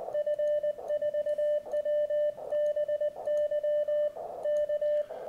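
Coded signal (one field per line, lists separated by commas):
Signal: Morse code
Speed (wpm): 20 wpm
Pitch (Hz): 600 Hz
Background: radio noise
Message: F4WBY K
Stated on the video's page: Sent on a Begali Traveler's Light Morse key, described as smooth, precise and fast; edited from a livestream.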